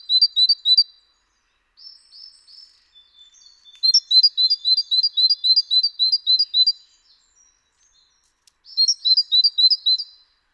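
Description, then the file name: Great tit repeating sharp, high two-note phrases in three rhythmic bursts, with brief quiet gaps and soft notes between them. "Parus major"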